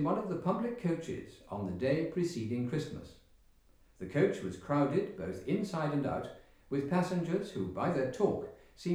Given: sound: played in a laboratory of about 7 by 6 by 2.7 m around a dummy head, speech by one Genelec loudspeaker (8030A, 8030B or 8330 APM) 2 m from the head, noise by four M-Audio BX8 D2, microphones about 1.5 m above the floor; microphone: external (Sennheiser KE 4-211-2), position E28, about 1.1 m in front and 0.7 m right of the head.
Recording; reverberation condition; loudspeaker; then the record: male speech in English; medium; 30 degrees to the left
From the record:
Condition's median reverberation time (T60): about 510 ms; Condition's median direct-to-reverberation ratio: about -0.5 dB